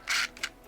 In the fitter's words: snaps right in there we go